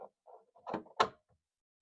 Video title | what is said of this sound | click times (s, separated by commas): How to Install Voxel Bento Box 2 Stage Filter - Bambu Lab X1C 3D Printer | Snaps in like that, and you're good to go. | 1.0 s